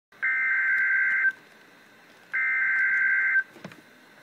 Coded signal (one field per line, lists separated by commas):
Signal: Emergency Alert System (SAME) tones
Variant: header bursts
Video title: REAL EAS 422-Severe thunderstorm warning